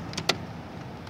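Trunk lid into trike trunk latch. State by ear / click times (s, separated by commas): seated / 0.3 s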